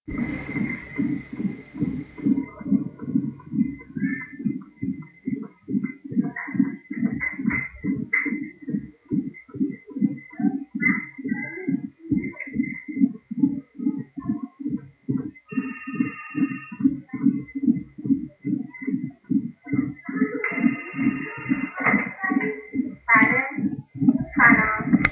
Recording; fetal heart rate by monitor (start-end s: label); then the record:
fetal heart sounds by stethoscope on the mother's abdomen
0.00-10.00 s: 142 bpm
10.00-20.00 s: 144 bpm
20.00-25.12 s: 139 bpm
From the record:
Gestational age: 40 weeks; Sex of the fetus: girl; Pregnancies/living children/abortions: 2/1/0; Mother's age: 27 years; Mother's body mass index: 31.2